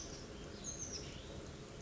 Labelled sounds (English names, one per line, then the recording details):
Oak Titmouse
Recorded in Sonoma County, California